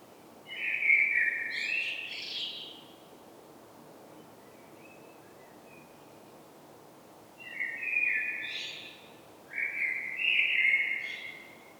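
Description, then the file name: Common blackbird song: mellow whistled phrases, some finishing in a brighter, higher twitter, with a long quiet gap before two more phrases follow in quick succession. "Turdus merula"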